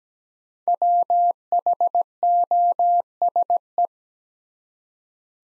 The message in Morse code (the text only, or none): WHOSE